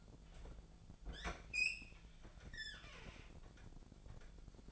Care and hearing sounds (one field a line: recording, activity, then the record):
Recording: daily activity, microphone in the room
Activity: open fridge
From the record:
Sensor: 5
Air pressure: 1000.2 hPa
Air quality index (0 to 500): 103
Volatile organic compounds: 1 ppm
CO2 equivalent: 834 ppm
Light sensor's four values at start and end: 235/559/239/261 and 240/569/243/266